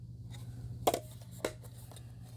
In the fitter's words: Rotate that down. Click it